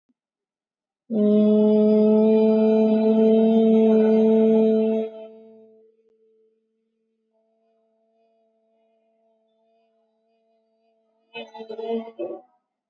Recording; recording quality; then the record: sustained vowel as in made; excellent, no background noise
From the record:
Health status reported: COVID-19 positive, mild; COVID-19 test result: positive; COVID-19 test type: RT-PCR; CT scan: taken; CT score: 0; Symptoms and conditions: fatigue, another condition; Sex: female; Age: 35 years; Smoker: no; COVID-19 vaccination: one dose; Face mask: worn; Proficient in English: yes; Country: India